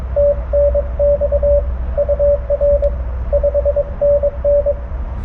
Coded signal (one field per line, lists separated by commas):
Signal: Morse code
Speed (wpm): 23 wpm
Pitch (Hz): 590 Hz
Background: radio noise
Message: TNX UR 5NN